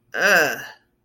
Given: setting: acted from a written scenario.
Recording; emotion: vocal sound without words; disgust